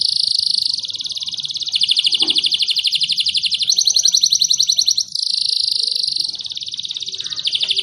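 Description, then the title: Canary singing long unbroken rolls, dense high trills shifting between speeds and tones for nearly eight seconds with only one brief break. Canary song described as lively, insistent 'gacor ngotot' singing with long rolls ('roll panjang'), meant to make other canaries answer at once ('langsung nyaut'). "LANGSUNG NYAUT GACOR DOR Kenari Manasaja, Dengan Kicau Kenari GACOR NGOTOT ROLL PANJANG"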